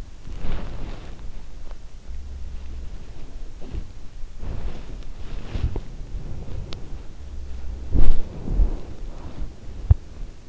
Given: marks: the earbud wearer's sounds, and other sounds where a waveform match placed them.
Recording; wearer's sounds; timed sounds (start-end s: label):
sounds in sleep by an in-ear microphone; body movement
0.00-10.49 s: body movement